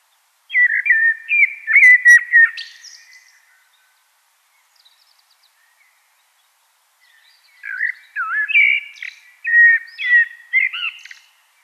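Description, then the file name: Common blackbird song with two bursts of mellow warbling whistles and scratchy high twitters, a few faint notes in the pause between them. "Turdus merula"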